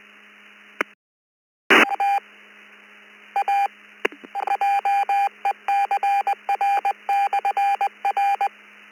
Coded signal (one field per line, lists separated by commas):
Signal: Morse code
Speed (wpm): 20 wpm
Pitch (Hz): 800 Hz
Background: none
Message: TA JECR/R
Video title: Have you ever accidently signed off other than on the radio ECR Tech Net 673 2026 05 12 20 00 10